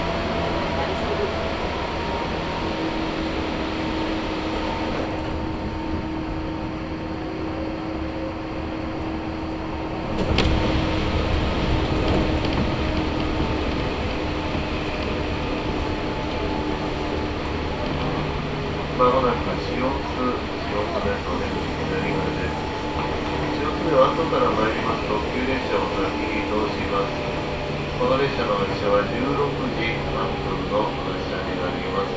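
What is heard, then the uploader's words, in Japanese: A Chuo Line local train sits at Shiotsu station, filled with a steady low hum and a few sustained tones. Near ten seconds a sharp click brings a louder rumble that persists, and from about nineteen seconds voices chatter over it. 中央東線普通 大月→高尾。四方津駅で特急の通過待ちで9分停車します。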